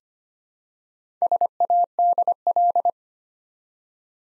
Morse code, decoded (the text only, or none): SADL